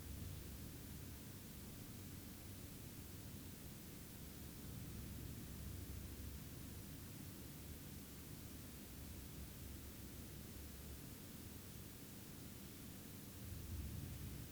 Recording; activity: daily activity, guitar pickup as the sensor; lie down